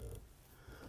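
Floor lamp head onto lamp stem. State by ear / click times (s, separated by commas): not seated / none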